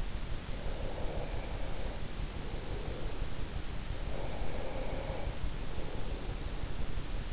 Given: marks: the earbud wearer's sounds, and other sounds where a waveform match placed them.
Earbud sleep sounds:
sounds in sleep by an in-ear microphone; breath
0.58-3.69 s: breath
4.85-6.92 s: breath

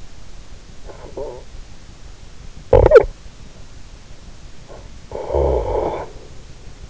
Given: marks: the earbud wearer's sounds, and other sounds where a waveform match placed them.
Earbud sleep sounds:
sounds in sleep by an in-ear microphone; snoring breath
0.61-1.68 s: snoring breath
2.46-3.38 s: snoring breath
4.50-6.87 s: snoring breath

